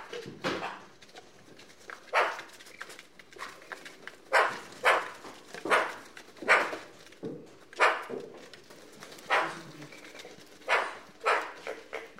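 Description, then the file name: Eurasian magpie uttering a long series of rough, scratchy chak notes, often in pairs, spaced unevenly throughout with brief silent gaps. "Pica pica"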